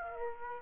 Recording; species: mosquito wingbeat signal from an infrared sensor; Aedes aegypti